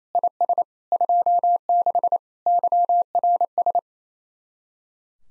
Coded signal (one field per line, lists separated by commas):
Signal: Morse code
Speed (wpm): 34 wpm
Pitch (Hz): 700 Hz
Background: none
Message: IS 26 YRS